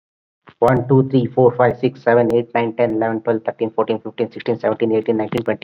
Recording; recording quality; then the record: counting at a fast pace; excellent, no background noise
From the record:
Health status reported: COVID-19 positive, moderate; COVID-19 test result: positive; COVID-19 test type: RT-PCR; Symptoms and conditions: cough, sore throat, fatigue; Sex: male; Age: 31 years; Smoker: no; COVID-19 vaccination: both doses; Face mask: not worn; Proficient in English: yes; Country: India